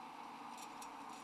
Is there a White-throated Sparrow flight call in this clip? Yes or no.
no